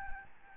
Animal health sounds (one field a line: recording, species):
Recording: mosquito wingbeat signal from an infrared sensor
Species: Aedes albopictus